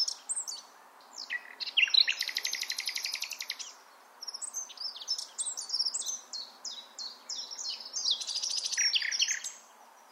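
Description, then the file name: Common nightingale singing varied chirps, then a long rattling run of rapid notes, followed by varied whistled and chirping phrases, over a steady background hiss. "Luscinia megarhynchos"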